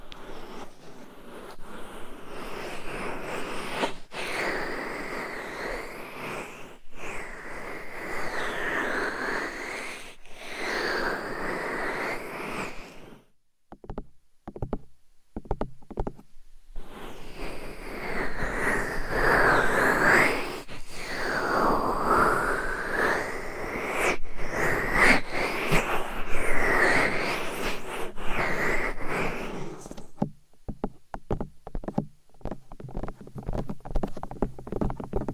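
Dense, rough mic scratching and rubbing fills most of the clip, broken by a near-silent gap around 13–17 seconds and sparse tapping near the end.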